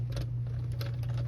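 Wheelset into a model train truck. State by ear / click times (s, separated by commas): not seated / none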